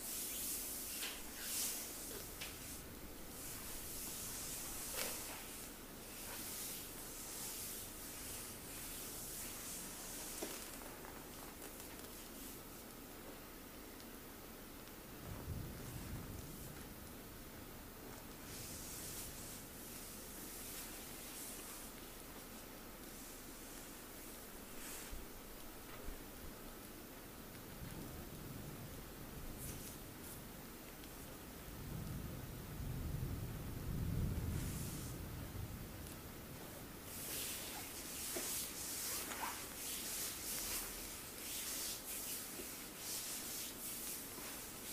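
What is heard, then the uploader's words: Hands rub steadily over skin during a full body sport massage, a continuous soft hiss with brisker, brighter swishes around 3–5, 10, 25, 29 and 37–41 seconds. Duller pressing thumps rise near 15 seconds and again around 31–35 seconds. ASMR Full Body Sport Massage by Olga.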